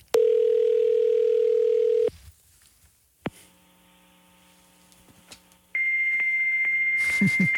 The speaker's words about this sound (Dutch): Ja, het geluid van jouw jeugd. Ja. Oh, en dit duurde, hè? Dit duurde heel lang. De modem. De modem.